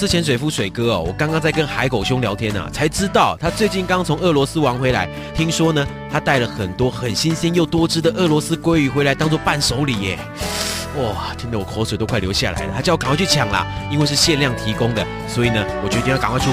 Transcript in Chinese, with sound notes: 我是潛水夫水哥，我剛剛在跟海狗兄聊天，才知道他最近剛從俄羅斯玩回來，聽說牠帶了很多很多新鮮又多汁的俄羅斯鮭魚回來當伴手禮耶！ （吸口水的聲音） 聽的我口水都流下來了。他叫我趕快去搶，因為是限量提供，所以我決定趕快出發